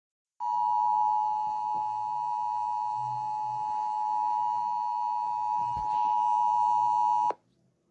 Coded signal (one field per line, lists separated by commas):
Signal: Emergency Alert System (SAME) tones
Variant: 853 and 960 Hz attention tone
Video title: EAS#3 Severe Thunderstorm Warning